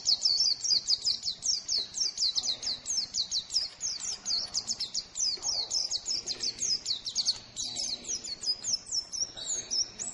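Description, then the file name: Lemon-bellied white-eye song, a long, fast run of high, sweet twittering notes, chattered almost without pause for ten seconds, with faint background noise. Song from Lombok, used for training songbirds. "pleci lombok"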